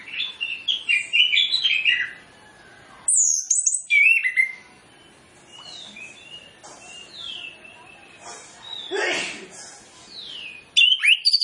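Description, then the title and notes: Orange-headed Thrush song: a lively run of whistled, rising and falling notes and sharp chirps, some phrases loud, others quieter and sliding. Varied song phrases used as a lure to make Orange-headed Thrushes start singing loudly quickly. "Masteran Anis Kembang Full Isian Untuk Suara Pancingan Anis Kembang Agar Cepat Ngeplong. Suara Burung Anis Kembang"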